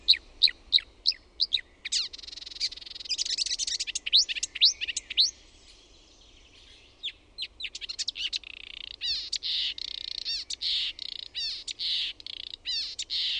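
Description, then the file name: Marsh warbler singing varied phrases: sharp ticking notes, harsh buzzy passages and rapid chattering trills, with a short pause partway. "LUHTAKERTTUNEN"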